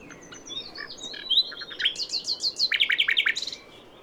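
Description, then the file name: Common nightingale song phrase: thin high whistles build into fast, loud, repeated chipping notes, ending abruptly after about three and a half seconds. "Luscinia megarhynchos"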